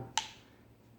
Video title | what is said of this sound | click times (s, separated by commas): Beretta 84 fs cheetah gun review | you hear that click | 0.2 s